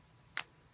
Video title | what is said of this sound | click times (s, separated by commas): New Face from LimeLife by Alcone | left that little click tells me that it's safe and secure it's awesome okay so | 0.4 s